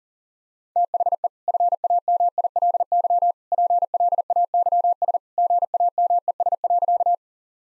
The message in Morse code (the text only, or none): THE FAMILY PLAYS GAMES.